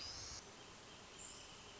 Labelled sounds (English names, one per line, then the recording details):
Wrentit
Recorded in Sonoma County, California